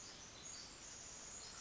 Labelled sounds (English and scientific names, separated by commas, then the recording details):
Pacific Wren (Troglodytes pacificus)
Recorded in Sonoma County, California